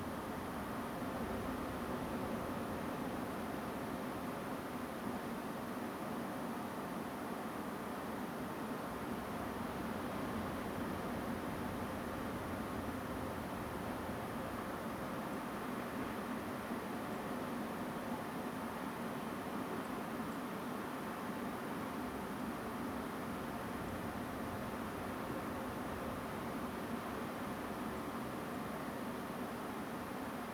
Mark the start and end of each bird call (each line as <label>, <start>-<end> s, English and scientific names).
Song Thrush (Turdus philomelos), 17.12-17.16 s
Song Thrush (Turdus philomelos), 19.84-19.87 s
Song Thrush (Turdus philomelos), 20.31-20.34 s
Song Thrush (Turdus philomelos), 23.88-23.91 s
Song Thrush (Turdus philomelos), 27.96-27.99 s
Song Thrush (Turdus philomelos), 28.54-28.56 s